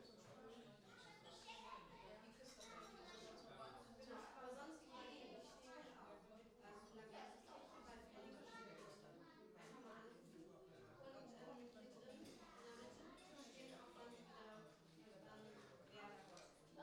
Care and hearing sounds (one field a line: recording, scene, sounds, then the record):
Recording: everyday scene through a hearing-aid microphone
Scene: many people talking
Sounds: many voices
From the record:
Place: parish hall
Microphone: in the ear canal, right